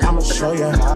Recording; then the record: coughing mixed with background sound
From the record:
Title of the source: female coughing - coughing sound effects girl